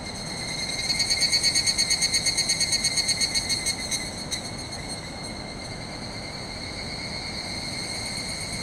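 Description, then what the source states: Evening cicada chorus, a rapid pulsing trill swelling for about three seconds then fading, over steady high ringing from other cicadas and a low rushing roar of water. Chorus calling back and forth inside woodland after sunset, 31 July 2020, after heavy late rainy-season rain; swollen distant river roaring; recorded with ZOOM H6 and MKH8020 microphone.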